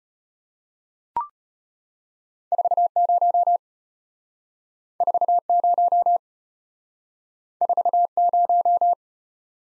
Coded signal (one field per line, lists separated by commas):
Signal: Morse code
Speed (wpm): 32 wpm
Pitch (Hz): 700 Hz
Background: none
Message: 40 40 40